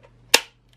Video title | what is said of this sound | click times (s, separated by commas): Review Power Rangers Movie Saber-Toothed Tiger Battle Zord (And FULL Movie Megazord) | like so you can hear that click and then open this up and | 0.3 s